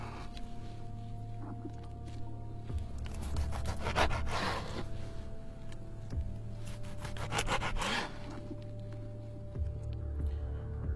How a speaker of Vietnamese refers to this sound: cô ấy nhểu nhảo rút cái búa ra, cọ cọ cái búa ở trên sàn, âm thanh nghe ghê rợn.